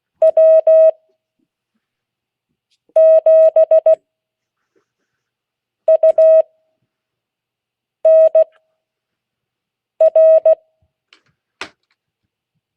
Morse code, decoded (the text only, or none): W7UNR